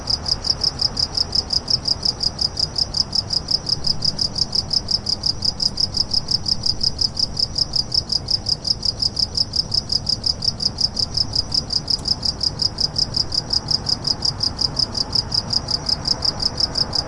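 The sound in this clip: Crickets chirping in a steady, high-pitched pulsing trill throughout, over a low background rumble.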